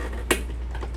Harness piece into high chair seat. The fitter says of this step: make sure I'm lining it up here there we go snaps right into place